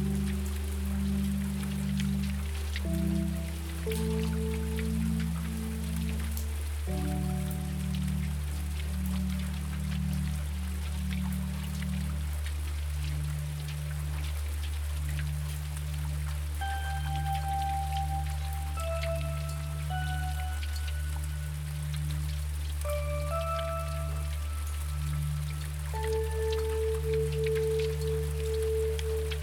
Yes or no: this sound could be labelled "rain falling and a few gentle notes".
yes